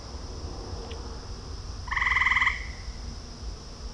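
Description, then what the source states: Frog croak: a single short rattling, pulsed burst lasting about half a second over a quiet background hum. Frogs recorded in a ravine at night.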